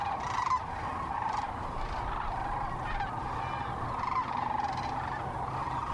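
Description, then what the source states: Sandhill cranes calling in a dense flock, overlapping rolling honks and rattles that run on without a break, with a low rumble underneath. Cranes foraging for breakfast in a cornfield in the morning during migration in Nebraska; the birds roost in the river overnight.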